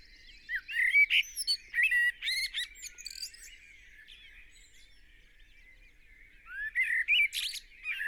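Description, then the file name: Eurasian blackbird song: two phrases of low fluted warbling notes, each ending in a burst of high, squeaky twittering, separated by a few seconds of quiet. "Turdus merula"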